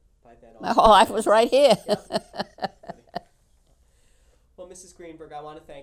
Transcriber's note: she laughs